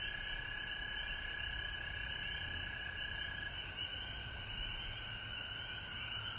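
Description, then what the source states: Many frogs calling at once, a pulsing, continuous trill of overlapping notes above a soft low hum. Recorded at home in Georgia on March 19, 2020.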